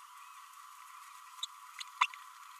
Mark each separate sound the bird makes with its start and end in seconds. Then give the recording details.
1.80-1.83, 2.01-2.07. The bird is a female. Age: 32 days. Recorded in a nest box in Venezuela. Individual 17B32A7